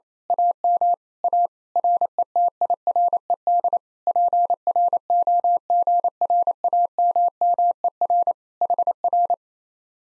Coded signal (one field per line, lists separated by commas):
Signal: Morse code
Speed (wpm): 26 wpm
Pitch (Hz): 700 Hz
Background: none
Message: AM A RETIRED PROGRAMMER HR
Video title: Common QSO Phrases Speed-Racing - 28wpm